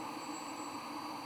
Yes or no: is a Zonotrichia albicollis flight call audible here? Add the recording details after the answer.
no. No flight call is heard. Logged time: 05:03 on 21 September 2014